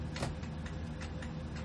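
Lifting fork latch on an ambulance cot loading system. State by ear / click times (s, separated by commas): seated / 1.2 s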